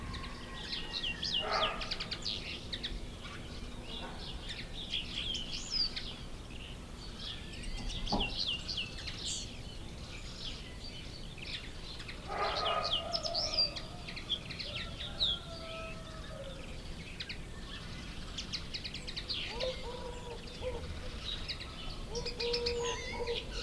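Birds chirp and warble in quick bright bursts throughout, with a few lower calls near 12 and 21 seconds over a steady low hum.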